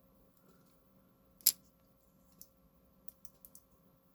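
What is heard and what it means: A mouse-click button module for a DualSense Edge controller's triggers, bumpers or face buttons is pushed down into the controller shell, with a screwdriver tapping a small tab. A sharp, bright click at 1.5 s marks the part seating into place, followed by fainter ticks around 2.4, 3.1, 3.4 and 3.6 s. The part ends up seated.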